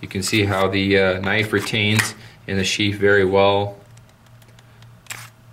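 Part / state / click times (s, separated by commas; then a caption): fixed-blade knife out of its sheath / released / 5.1 s. Someone talks, then a fixed-blade knife is pushed out of its retention sheath with the thumb. Several small handling clicks lead into a louder pop at 5.1 s as the knife releases from the sheath.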